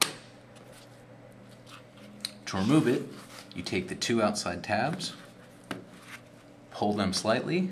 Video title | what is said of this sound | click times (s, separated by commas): Globalsat TR151 Turnkey Tracking Solution | you will hear a click once it is installed correctly | 0.0 s